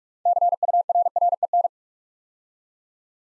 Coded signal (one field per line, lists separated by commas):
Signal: Morse code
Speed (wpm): 44 wpm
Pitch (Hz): 700 Hz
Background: none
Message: CURREN